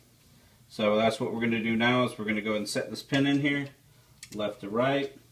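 Someone talks while handling a trigger group axis pin, about to set it left to right through the steel receiver of a WASR 10/63 AK-type rifle during assembly. Nothing has seated or clicked yet; the pin has not snapped into place by the end of the clip.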